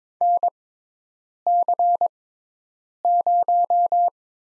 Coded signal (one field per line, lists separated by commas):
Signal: Morse code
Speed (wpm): 22 wpm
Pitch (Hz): 700 Hz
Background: none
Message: NC0